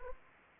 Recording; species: mosquito wingbeat signal from an infrared sensor; Anopheles arabiensis